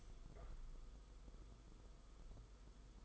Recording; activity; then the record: daily activity, microphone in the room; open window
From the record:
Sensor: 5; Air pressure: 990.5 hPa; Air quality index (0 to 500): 165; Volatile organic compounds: 308 ppm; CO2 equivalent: 4498 ppm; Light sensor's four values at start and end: 17/40/16/18 and 17/40/16/18